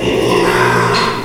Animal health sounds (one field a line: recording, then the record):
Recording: squeal of a Yucatan mini pig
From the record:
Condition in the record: after surgery on the right vocal fold (resection and tissue-engineered implant)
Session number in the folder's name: 1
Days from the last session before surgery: 6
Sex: male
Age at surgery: 12 weeks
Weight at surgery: 13 kg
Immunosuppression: cyclosporine, prednisolone